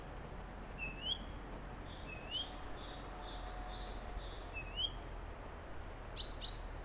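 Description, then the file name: Great tit high-low whistled phrases repeated a few times, overlapping a quick run of soft notes, with sharp clicks near the end. "Parus major"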